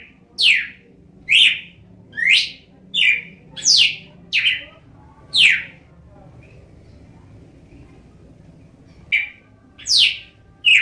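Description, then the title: Red-cowled cardinal song of about seven ringing, swooping whistled notes in quick succession, then a silent pause of several seconds before three more notes resume. "Galo de Campina"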